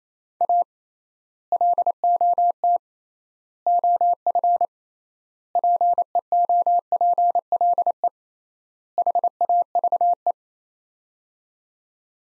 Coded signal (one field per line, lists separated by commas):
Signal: Morse code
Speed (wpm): 27 wpm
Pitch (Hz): 700 Hz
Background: none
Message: A LOT OF PEOPLE HAVE